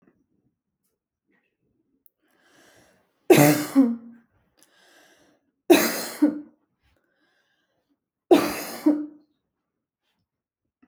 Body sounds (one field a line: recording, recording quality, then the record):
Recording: heavy voluntary cough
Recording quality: excellent, no background noise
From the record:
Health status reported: healthy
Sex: female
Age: 29 years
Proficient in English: yes